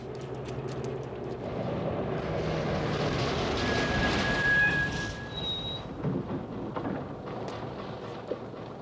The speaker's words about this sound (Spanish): ¡Ya viene el autobús!